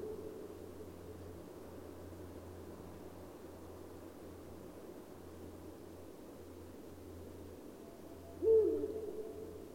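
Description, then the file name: Eurasian eagle-owl giving one brief, deep hoot near the end, preceded by a long stretch of pulsing low hum and hiss. "uhu"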